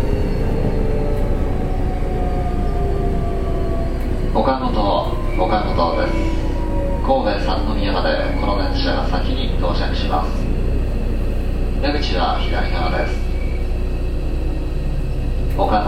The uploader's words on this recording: 阪急7000系 神戸線普通 西宮北口から神戸三宮まで. 阪急電鉄7000系電車の走行音です。 神戸線の普通列車にて収録しました。 Local train of kobe Line.